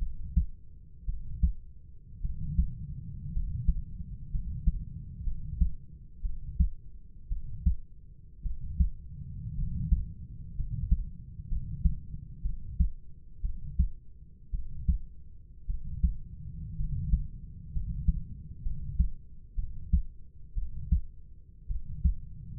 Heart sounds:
heart sounds by stethoscope; 58 bpm
1.06 s: heartbeat
2.22 s: heartbeat
3.33 s: heartbeat
4.31 s: heartbeat
5.24 s: heartbeat
6.22 s: heartbeat
7.29 s: heartbeat
8.43 s: heartbeat
9.55 s: heartbeat
10.56 s: heartbeat
11.48 s: heartbeat
12.42 s: heartbeat
13.42 s: heartbeat
14.51 s: heartbeat
15.67 s: heartbeat
16.77 s: heartbeat
17.72 s: heartbeat
18.63 s: heartbeat
19.56 s: heartbeat
20.55 s: heartbeat
21.68 s: heartbeat
From the record:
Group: healthy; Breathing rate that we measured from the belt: 9 breaths a minute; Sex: male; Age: 25 years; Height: 170 cm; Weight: 70.4 kg

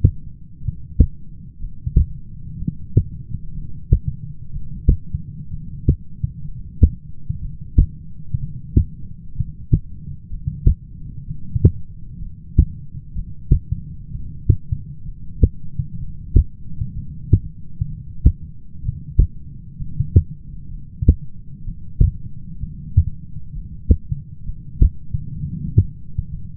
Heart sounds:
heart sounds by stethoscope; 63 bpm
0.61 s: heartbeat
1.60 s: heartbeat
2.58 s: heartbeat
3.54 s: heartbeat
4.52 s: heartbeat
5.50 s: heartbeat
6.44 s: heartbeat
7.41 s: heartbeat
8.39 s: heartbeat
9.34 s: heartbeat
10.30 s: heartbeat
11.27 s: heartbeat
12.20 s: heartbeat
13.15 s: heartbeat
14.11 s: heartbeat
15.04 s: heartbeat
15.99 s: heartbeat
16.95 s: heartbeat
17.87 s: heartbeat
18.83 s: heartbeat
19.78 s: heartbeat
20.70 s: heartbeat
21.64 s: heartbeat
22.60 s: heartbeat
23.52 s: heartbeat
24.45 s: heartbeat
25.40 s: heartbeat
26.31 s: heartbeat
From the record:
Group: heart failure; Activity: light exercise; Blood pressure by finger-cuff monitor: 100/59 mmHg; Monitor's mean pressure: 72 mmHg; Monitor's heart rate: 63 bpm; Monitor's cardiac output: 7 L/min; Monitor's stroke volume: 111 mL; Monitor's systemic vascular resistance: 740 dyn s/cm5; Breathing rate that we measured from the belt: 19 breaths a minute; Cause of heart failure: dilated cardiomyopathy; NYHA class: 2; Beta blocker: bisoprolol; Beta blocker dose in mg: 10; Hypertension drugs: sacubitril-valsartan, spironolactone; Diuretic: furosemide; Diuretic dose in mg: 40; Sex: male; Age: 29 years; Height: 174 cm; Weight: 92 kg

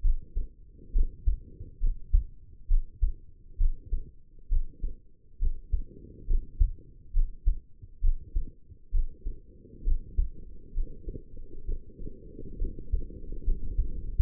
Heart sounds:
heart sounds by stethoscope; 67 bpm
0.01 s: heartbeat
0.92 s: heartbeat
1.80 s: heartbeat
2.68 s: heartbeat
3.57 s: heartbeat
4.48 s: heartbeat
5.38 s: heartbeat
6.27 s: heartbeat
7.13 s: heartbeat
8.01 s: heartbeat
8.91 s: heartbeat
9.83 s: heartbeat
10.74 s: heartbeat
11.65 s: heartbeat
12.58 s: heartbeat
13.43 s: heartbeat
From the record:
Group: healthy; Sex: female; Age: 22 years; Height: 160 cm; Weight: 45 kg

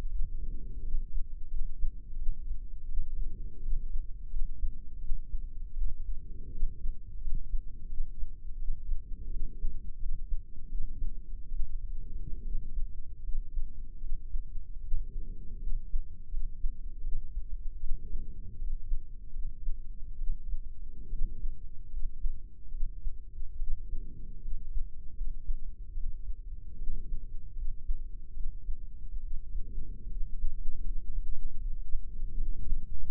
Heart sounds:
heart sounds by microphone in the left ear; 78 bpm
0.09 s: heartbeat
0.82 s: heartbeat
1.49 s: heartbeat
2.16 s: heartbeat
2.87 s: heartbeat
3.61 s: heartbeat
4.29 s: heartbeat
4.99 s: heartbeat
5.73 s: heartbeat
6.50 s: heartbeat
7.20 s: heartbeat
7.88 s: heartbeat
8.57 s: heartbeat
9.29 s: heartbeat
9.98 s: heartbeat
10.67 s: heartbeat
11.49 s: heartbeat
12.42 s: heartbeat
13.21 s: heartbeat
13.99 s: heartbeat
14.80 s: heartbeat
15.59 s: heartbeat
16.29 s: heartbeat
17.01 s: heartbeat
17.78 s: heartbeat
18.57 s: heartbeat
19.31 s: heartbeat
20.16 s: heartbeat
21.08 s: heartbeat
21.89 s: heartbeat
22.69 s: heartbeat
23.56 s: heartbeat
24.40 s: heartbeat
25.13 s: heartbeat
25.92 s: heartbeat
26.76 s: heartbeat
27.54 s: heartbeat
28.32 s: heartbeat
29.20 s: heartbeat
30.07 s: heartbeat
30.81 s: heartbeat
31.57 s: heartbeat
32.35 s: heartbeat
33.05 s: heartbeat
From the record:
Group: healthy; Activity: rest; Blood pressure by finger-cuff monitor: 122/73 mmHg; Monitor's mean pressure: 92 mmHg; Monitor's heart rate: 78 bpm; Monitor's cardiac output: 7.4 L/min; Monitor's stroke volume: 96 mL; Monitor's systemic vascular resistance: 850 dyn s/cm5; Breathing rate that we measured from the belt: 21 breaths a minute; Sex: female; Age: 23 years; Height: 160 cm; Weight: 50.4 kg

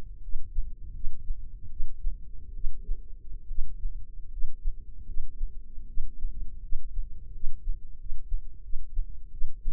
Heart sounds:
heart sounds by microphone in the left ear; 79 bpm
0.20 s: heartbeat
0.92 s: heartbeat
1.68 s: heartbeat
2.53 s: heartbeat
3.47 s: heartbeat
4.29 s: heartbeat
5.05 s: heartbeat
5.86 s: heartbeat
6.60 s: heartbeat
7.31 s: heartbeat
7.96 s: heartbeat
8.61 s: heartbeat
9.30 s: heartbeat
From the record:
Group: healthy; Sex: female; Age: 22 years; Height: 157 cm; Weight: 47.6 kg

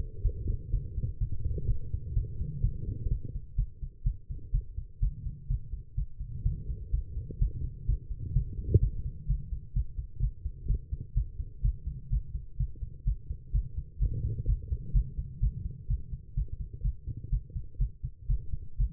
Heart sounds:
heart sounds by stethoscope; 126 bpm
0.22 s: heartbeat
0.70 s: heartbeat
1.18 s: heartbeat
1.66 s: heartbeat
2.13 s: heartbeat
2.61 s: heartbeat
3.08 s: heartbeat
3.56 s: heartbeat
4.03 s: heartbeat
4.51 s: heartbeat
5.00 s: heartbeat
5.48 s: heartbeat
5.95 s: heartbeat
6.43 s: heartbeat
6.91 s: heartbeat
7.39 s: heartbeat
7.86 s: heartbeat
8.33 s: heartbeat
8.80 s: heartbeat
9.27 s: heartbeat
9.73 s: heartbeat
10.20 s: heartbeat
10.67 s: heartbeat
11.14 s: heartbeat
11.62 s: heartbeat
12.10 s: heartbeat
12.57 s: heartbeat
13.04 s: heartbeat
13.52 s: heartbeat
13.99 s: heartbeat
14.46 s: heartbeat
14.93 s: heartbeat
15.40 s: heartbeat
15.87 s: heartbeat
16.35 s: heartbeat
16.82 s: heartbeat
17.30 s: heartbeat
17.78 s: heartbeat
18.27 s: heartbeat
18.77 s: heartbeat
From the record:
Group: healthy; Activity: cold pressor test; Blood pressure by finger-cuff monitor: 136/79 mmHg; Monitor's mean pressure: 95 mmHg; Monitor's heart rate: 125 bpm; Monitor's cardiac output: 9.1 L/min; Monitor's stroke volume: 74 mL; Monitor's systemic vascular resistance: 690 dyn s/cm5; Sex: female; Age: 19 years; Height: 163 cm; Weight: 51 kg

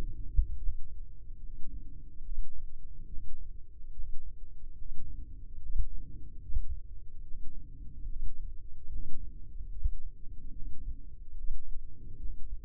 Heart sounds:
heart sounds by microphone in the left ear; 72 bpm
0.58 s: heartbeat
1.39 s: heartbeat
2.21 s: heartbeat
3.07 s: heartbeat
3.92 s: heartbeat
4.75 s: heartbeat
5.59 s: heartbeat
6.43 s: heartbeat
7.23 s: heartbeat
8.05 s: heartbeat
8.89 s: heartbeat
9.72 s: heartbeat
10.51 s: heartbeat
11.34 s: heartbeat
12.18 s: heartbeat
From the record:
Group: healthy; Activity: rest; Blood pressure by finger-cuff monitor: 125/89 mmHg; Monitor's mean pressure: 100 mmHg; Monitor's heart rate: 72 bpm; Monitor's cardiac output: 3.4 L/min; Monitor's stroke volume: 47 mL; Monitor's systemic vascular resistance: 2190 dyn s/cm5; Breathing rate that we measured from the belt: 20 breaths a minute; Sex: male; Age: 55 years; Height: 167 cm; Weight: 57.2 kg

